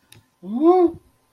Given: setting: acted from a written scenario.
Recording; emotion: vocal sound without words; negative surprise